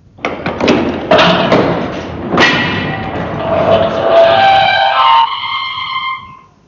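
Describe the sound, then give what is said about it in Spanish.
A heavy, solid iron door plated with copper groans and screeches on its hinges, opening with a sharp thud, then a long rising, wavering squeal that drags on for several seconds before fading. “Su inmensa pesadumbre producía un inusitado y agudo ruido chirriante cuando giraba sobre sus goznes.”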